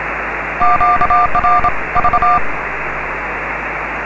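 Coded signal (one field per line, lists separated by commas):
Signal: Morse code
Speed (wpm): 27 wpm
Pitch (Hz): 720 Hz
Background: radio noise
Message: QRV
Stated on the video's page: Morse special scheduled contact from a Thailand station.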